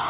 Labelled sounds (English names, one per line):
Magnolia Warbler flight call